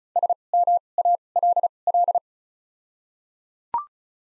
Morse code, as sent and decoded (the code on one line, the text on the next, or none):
... / -- / .- / .-.. / .-..
S M A L L